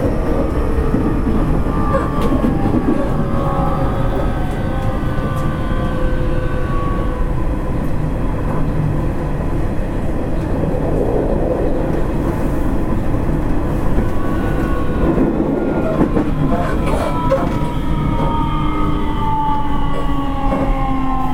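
Running noise from inside an electric train, a steady dense rumble heavy in the low end throughout. Faint whining tones drift slowly up and down as the motors work, with occasional brief clicks and rattles from the wheels over the track.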